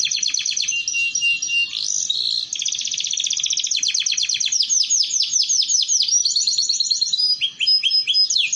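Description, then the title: Canary song: nonstop bright trills and rolls, several rapid phrases of repeated high notes following one another. Belgian canary song used to warm up and train canaries to sing. "Canto Para Esquentar Canário Belga. Terapi Pancingan Suara Kenari Gacor || Masteran Kenari Paud Belajar Bunyi"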